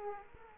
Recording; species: mosquito wingbeat signal from an infrared sensor; Aedes aegypti